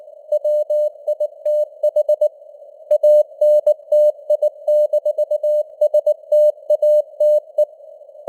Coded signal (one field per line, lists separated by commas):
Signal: Morse code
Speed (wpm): 19 wpm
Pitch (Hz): 600 Hz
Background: none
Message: WITH ANTI-STATE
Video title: Morse Code News | 2025-11-18 | 19wpm